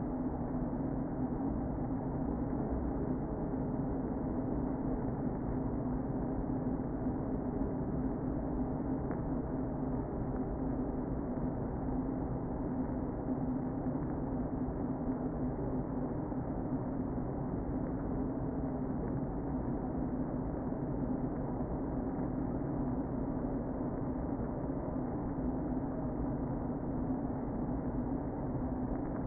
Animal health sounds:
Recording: honeybee colony, microphone inside the hive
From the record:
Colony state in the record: queen present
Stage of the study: before two queens were removed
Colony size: about 60,000 bees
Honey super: yes

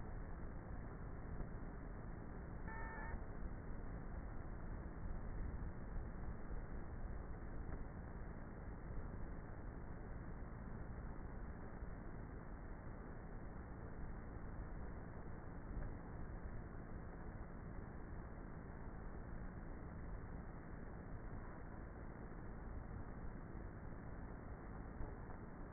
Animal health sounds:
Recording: honeybee colony, microphone inside the hive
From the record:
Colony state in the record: queenless with a low population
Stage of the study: before two queens were removed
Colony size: about 30,000 bees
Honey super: no

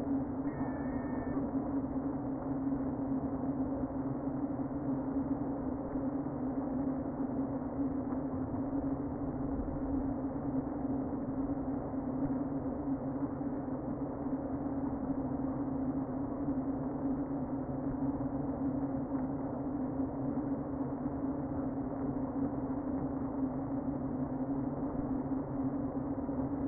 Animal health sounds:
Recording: honeybee colony, microphone inside the hive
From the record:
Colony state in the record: queen present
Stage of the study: before two queens were removed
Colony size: about 60,000 bees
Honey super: yes

